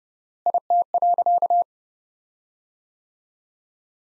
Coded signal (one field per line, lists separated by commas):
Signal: Morse code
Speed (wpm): 30 wpm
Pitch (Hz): 700 Hz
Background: none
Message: IT.